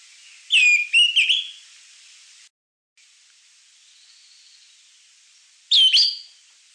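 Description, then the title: Greenish schiffornis song: a few slurred whistled notes, then a pause and another short whistled phrase. "LuckyPassaro Completos2Sama. Greenish Schiffornis (Schiffornis virescens)"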